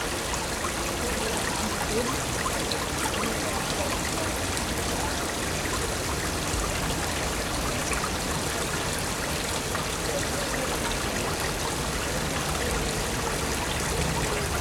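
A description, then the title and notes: Water rushes steadily along a river, a dense, unbroken wash of sound that stays at the same level for the whole stretch. Small trickling and splashing details flicker through it, with a faint low rumble underneath and perhaps a voice. Sounds along the river in Odense, Denmark.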